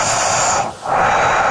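Woman asleep, snoring through the nose with her mouth shut; a loud, harsh breathing noise likened to the sound of a CPAP machine.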